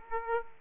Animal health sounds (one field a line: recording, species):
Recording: mosquito wingbeat signal from an infrared sensor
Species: Aedes aegypti